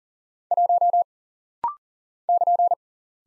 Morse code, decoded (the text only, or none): 1 <KN>